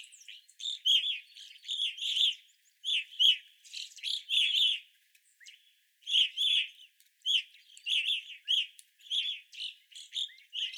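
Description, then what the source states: Evening grosbeaks calling in a flock, loud chirping notes in quick bursts with short pauses, several birds overlapping throughout. Several evening grosbeaks, recorded 25 April 2021.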